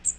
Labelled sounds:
Magnolia Warbler (Setophaga magnolia) flight call

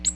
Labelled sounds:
Ovenbird (Seiurus aurocapilla) flight call

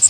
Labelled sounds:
Magnolia Warbler (Setophaga magnolia) flight call

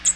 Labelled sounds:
American Redstart (Setophaga ruticilla) flight call

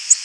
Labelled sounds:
Tennessee Warbler (Leiothlypis peregrina) flight call

